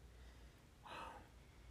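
A single quiet, breathy snort-like breath from Molly, a sleeping pet, snoring in the background of a quiet room.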